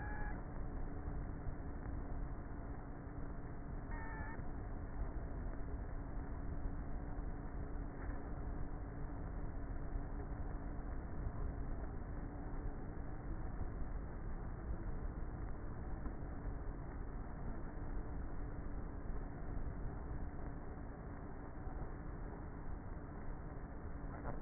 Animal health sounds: honeybee colony, microphone inside the hive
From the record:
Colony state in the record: queenless with a low population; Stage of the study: before two queens were removed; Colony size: about 30,000 bees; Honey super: no

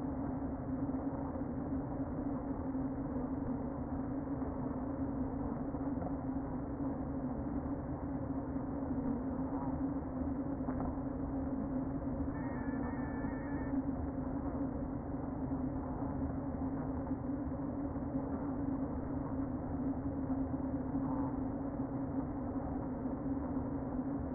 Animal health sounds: honeybee colony, microphone inside the hive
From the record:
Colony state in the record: queen present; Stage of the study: before two queens were removed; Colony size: about 60,000 bees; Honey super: yes

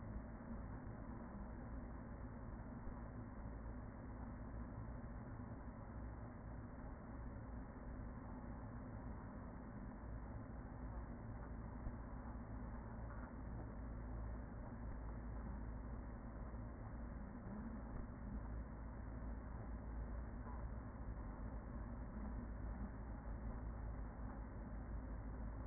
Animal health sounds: honeybee colony, microphone inside the hive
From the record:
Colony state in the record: queen present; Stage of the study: after two queens were removed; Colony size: about 40,000 bees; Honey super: no

